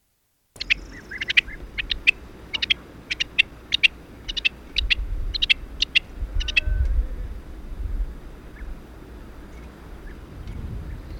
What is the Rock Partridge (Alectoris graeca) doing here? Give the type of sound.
call